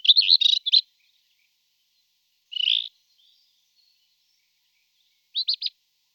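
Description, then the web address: Rufous-tailed scrub robin song, brief high phrases mixing rapid chattery notes and a slurred whistle, separated by pauses of about two seconds. "All the bird songs of Britain and Europe - Jean-Claude Roche. Cercotrichas galactotes"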